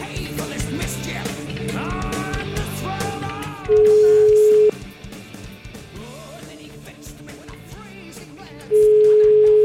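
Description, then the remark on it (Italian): Two steady, loud telephone ringing tones, each about a second long and evenly spaced, as a phone call is placed, cutting in over busy background music with voices in the mix. “La facciamo una telefonatina o no? Chiama, chiama, tanto queste, figurati.”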